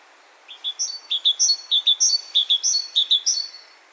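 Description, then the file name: Great tit song, sharp high and lower notes alternating in a rapid rhythmic series of several phrases, over faint background hiss. "Parus major"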